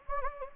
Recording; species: mosquito wingbeat signal from an infrared sensor; Anopheles gambiae